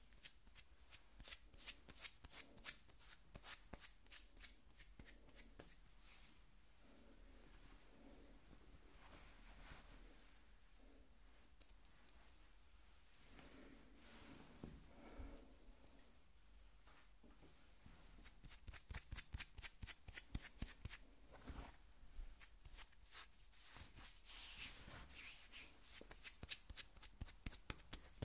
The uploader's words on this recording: ASMR Skin Scratching 1 Hour (No Talking).